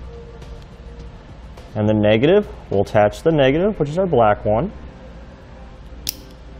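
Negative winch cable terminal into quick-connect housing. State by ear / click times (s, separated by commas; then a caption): seated / 6.1 s. Someone talks while the negative (black) winch cable terminal of a Bulldog powersports winch quick-connect set with dust cover is pushed into its plastic quick-connect housing. A single sharp click at 6.1 s marks the terminal seating, and pulling back on both cables confirms they are locked in place.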